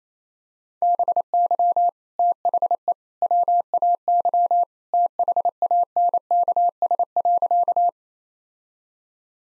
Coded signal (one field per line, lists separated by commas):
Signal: Morse code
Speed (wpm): 28 wpm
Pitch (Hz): 700 Hz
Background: none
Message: BY THE WAY THANKS.